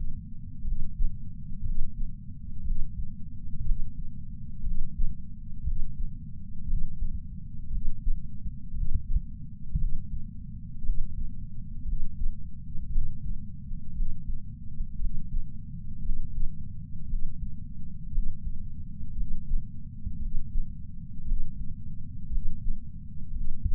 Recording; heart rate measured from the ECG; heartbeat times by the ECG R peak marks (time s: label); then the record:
heart sounds by patch sensor on the chest; 58 bpm
0.62 s: heartbeat
1.61 s: heartbeat
2.62 s: heartbeat
3.62 s: heartbeat
4.62 s: heartbeat
5.62 s: heartbeat
6.64 s: heartbeat
7.68 s: heartbeat
8.71 s: heartbeat
9.75 s: heartbeat
10.81 s: heartbeat
11.83 s: heartbeat
12.88 s: heartbeat
13.92 s: heartbeat
14.97 s: heartbeat
16.00 s: heartbeat
17.05 s: heartbeat
18.09 s: heartbeat
19.13 s: heartbeat
20.17 s: heartbeat
21.23 s: heartbeat
22.28 s: heartbeat
23.31 s: heartbeat
From the record:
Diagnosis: coronary artery disease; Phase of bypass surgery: postoperative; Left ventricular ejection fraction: 61.7%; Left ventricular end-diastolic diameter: 51 mm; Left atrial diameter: 37 mm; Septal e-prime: 6.5 cm/s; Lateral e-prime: 9.2 cm/s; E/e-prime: 11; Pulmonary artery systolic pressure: 22 mmHg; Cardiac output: 4.8 L/min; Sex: male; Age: 59 years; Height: 168 cm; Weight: 81 kg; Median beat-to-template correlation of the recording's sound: 0.85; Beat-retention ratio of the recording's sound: 1.00